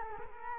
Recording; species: mosquito wingbeat signal from an infrared sensor; Culex quinquefasciatus